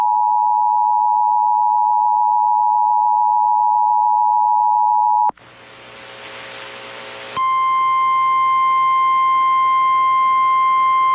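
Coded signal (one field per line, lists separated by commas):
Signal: Emergency Alert System (SAME) tones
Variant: 853 and 960 Hz attention tone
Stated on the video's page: Severe Thunderstorm Warning relayed on an AM station and an FM station.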